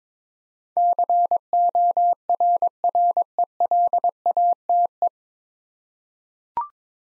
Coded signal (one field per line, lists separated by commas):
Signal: Morse code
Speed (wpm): 21 wpm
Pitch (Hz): 700 Hz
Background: none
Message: CORRELATE